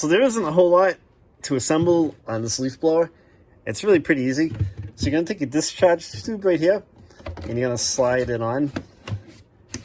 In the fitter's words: You kind of push it, and they'll snap into place.